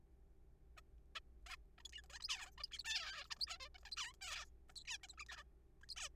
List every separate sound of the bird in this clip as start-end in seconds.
0.77-0.81, 1.16-1.19, 1.46-1.56, 1.78-1.82, 1.85-1.88, 1.93-2.01, 2.10-2.19, 2.20-2.28, 2.29-2.50, 2.58-2.63, 2.63-2.67, 2.71-2.78, 2.79-2.83, 2.85-3.27, 3.31-3.35, 3.37-3.38, 3.39-3.46, 3.48-3.57, 3.60-3.69, 3.75-3.77, 3.86-3.90, 3.92-3.95, 3.97-4.13, 4.22-4.45, 4.70-4.73, 4.76-4.83, 4.85-4.98, 5.03-5.07, 5.10-5.15, 5.18-5.24, 5.29-5.43, 5.83-5.86, 5.89-5.94, 5.97-6.09